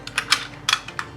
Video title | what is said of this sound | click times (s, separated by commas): How to Wire a Smart Ceiling Mount Sensor (CMS) and PLVSW Low Voltage Keypad | Put our protective cover back on. That snaps into place. | 1.0 s